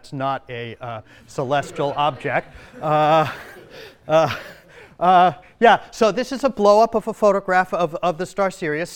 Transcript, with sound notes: That's not a celestial object. [laughter] So, this is a blowup of a photograph of the star Sirius.